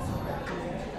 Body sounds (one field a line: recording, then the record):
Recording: background sound without coughing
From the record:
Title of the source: 60 minutes of coffee shop sounds for study and concentration